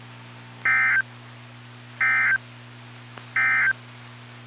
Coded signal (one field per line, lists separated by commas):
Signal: Emergency Alert System (SAME) tones